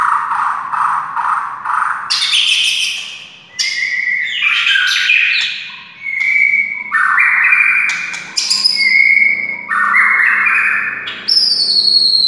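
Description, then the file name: White-rumped shama singing varied rich whistles, with low fluty notes followed by bright rising and falling phrases broken by brief pauses. Wild white-rumped shama (murai hutan). "suara murai hutan asli"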